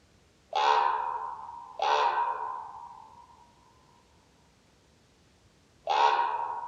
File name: hollo hangja